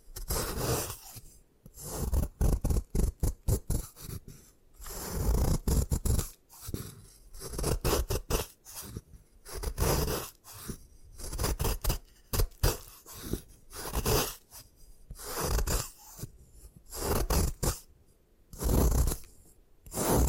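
Gym chalk is crushed and crumbled in repeated bursts of dry crackling and gritty scraping, each lasting one to two seconds with short pauses between. The crunching is dense and bright, with sharp crisp clicks, and a faint rustle fills the quieter gaps.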